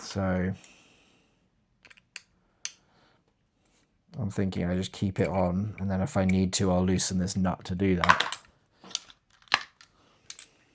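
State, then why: Partly seated. A bullpup conversion kit part is pushed into the body of a Tokyo Marui Saiga 12 SBS replica gas shotgun as it is built into a Groza 12. Someone talks, then there are sharp clicks and knocks, the loudest at 9.5 s. The part does not click fully home.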